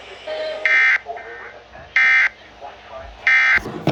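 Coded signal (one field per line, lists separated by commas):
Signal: Emergency Alert System (SAME) tones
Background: speech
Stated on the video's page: AMBER Alert SAME tones received on nine stations.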